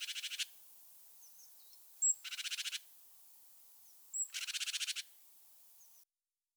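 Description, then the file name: Great tit churring: three buzzy, rattling churrs spaced about two seconds apart, with thin high whistled notes and faint twitters between them. "Parus major"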